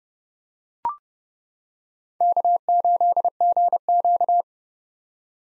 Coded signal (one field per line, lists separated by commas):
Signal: Morse code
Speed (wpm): 32 wpm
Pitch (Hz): 700 Hz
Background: none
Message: K8GQ